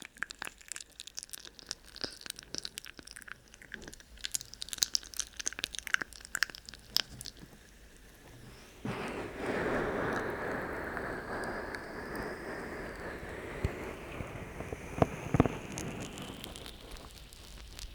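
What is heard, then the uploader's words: Intense mouth sounds: for the first eight seconds, sharp wet clicks and pops come in quick, uneven bursts over near silence. Around nine seconds a steadier, denser crackling hiss rises and holds to the end, with a louder pop near fifteen seconds. ASMR Intense Mouth Sounds For Tingle Immunity (3Dio Tingles).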